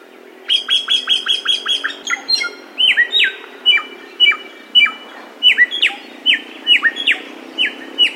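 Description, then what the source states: Samyong song: a rapid stuttering string of high chips, followed by spaced, emphatic downslurred whistles about twice a second. Masteran (bird training) recording of samyong song.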